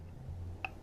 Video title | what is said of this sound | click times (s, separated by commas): Stop Installing Your Figurati Magnetic Reusable Oil Filter Wrong (Harley-Davidson) 🚨 | I get it, it kind of clicks into place. You see that? | 0.6 s